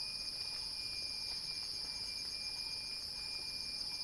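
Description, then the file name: Cicada song, a steady high shrill buzz with a faint pulsing texture and a thin continuous tone underneath. Cicada song building in a crescendo. "Axel-Drioli Cicada-Crescendo-Sounding-Wild"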